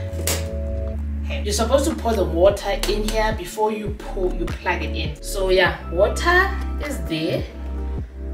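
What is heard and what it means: Someone talks over background music while handling the plastic water tank of a Nespresso Vertuo Next coffee machine after filling it, bringing it back toward the machine, with a brief sharp knock near the start. The tank has not seated or clicked into place yet.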